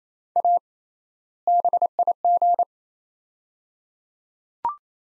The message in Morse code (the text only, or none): A BIG